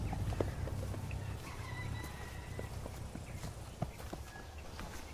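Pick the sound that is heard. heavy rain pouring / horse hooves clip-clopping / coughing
horse hooves clip-clopping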